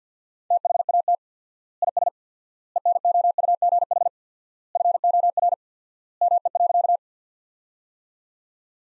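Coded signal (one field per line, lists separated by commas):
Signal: Morse code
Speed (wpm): 50 wpm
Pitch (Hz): 700 Hz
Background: none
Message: THAT IS ENOUGH FOR ME.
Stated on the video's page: Morse practice of sentences built from the top 400 words at 50 wpm with 4x word spacing, a Farnsworth-like method applied to words.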